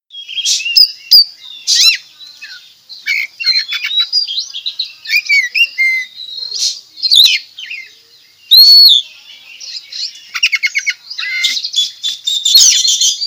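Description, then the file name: Oriental magpie-robin song with varied whistles, short buzzy notes, stuttering trills and bright upslurs, flowing continuously with brief gaps between phrases. Recorded at Tretes; bird singing actively and vigorously, described locally as gacor. "Tembakan Kacer Tretes Gacor"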